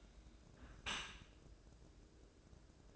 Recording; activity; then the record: daily activity, microphone in the room; close dishwasher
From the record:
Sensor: 2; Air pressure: 1012.2 hPa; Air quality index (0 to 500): 136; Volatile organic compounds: 2 ppm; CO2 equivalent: 1003 ppm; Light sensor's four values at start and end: 310/760/309/315 and 309/758/308/314